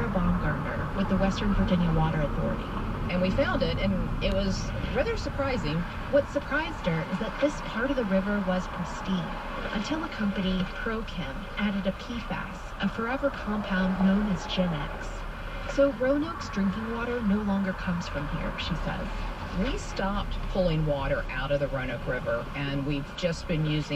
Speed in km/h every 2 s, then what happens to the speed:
27, 24, 15, 8, 6, 6, 6, 8, 10, 8, 10, 0.
0-7 slows to 6. 7-17 steady at about 6. 17-22 slows to 0.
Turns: none.